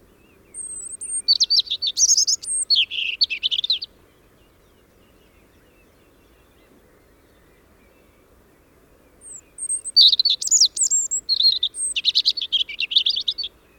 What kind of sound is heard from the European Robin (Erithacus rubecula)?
song